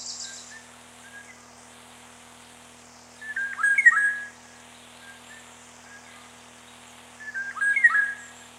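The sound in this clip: Eurasian golden oriole singing two rich, flutelike whistled phrases about four seconds apart, each a quick warbling yodel, over quiet background.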